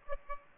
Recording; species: mosquito wingbeat signal from an infrared sensor; Aedes albopictus